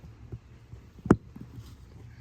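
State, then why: Seated. A new plastic floor mat retainer clip lever, set on the floor mat anchor of a 2015–2022 Chevy Traverse, is pushed down into the vehicle floor hole. Faint low handling rumbles lead up to one sharp, loud snap at 1.1 s, followed by a soft trailing rustle. The clip is seated.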